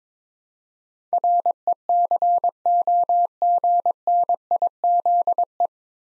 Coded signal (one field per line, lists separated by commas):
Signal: Morse code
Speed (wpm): 22 wpm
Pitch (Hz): 700 Hz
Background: none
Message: RECOGNIZE